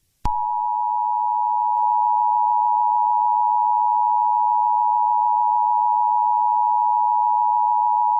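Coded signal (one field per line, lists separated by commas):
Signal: Emergency Alert System (SAME) tones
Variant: 853 and 960 Hz attention tone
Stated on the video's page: Fictional mock EAS scenario about an ancient reborn animal destroying the U.S. and Canada.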